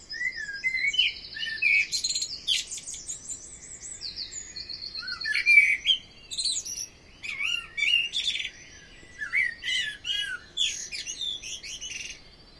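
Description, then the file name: Common blackbird song, several mellow whistled phrases mixed with scratchy high twittering. "Amsel"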